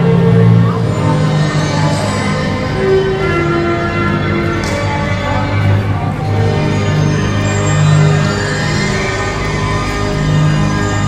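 A dense wash of theme park sound, steady in loudness throughout, with many overlapping tones and low hums. Faint voices sit in the mix alongside ringing, bell-like notes that sustain and shift, and a brief bright hiss appears near the middle.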